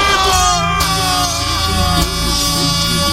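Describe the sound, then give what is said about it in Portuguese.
A party crowd shouts and screams loudly for about three seconds in answer to a call for everyone happy to shout, many overlapping voices merging into one sustained, high-pitched roar with no pauses, at an Equipe Audio Mania melody event, 2017 year-end special. “E quem tá feliz dá um grito!”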